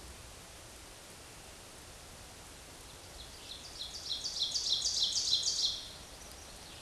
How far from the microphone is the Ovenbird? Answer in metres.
about 25 m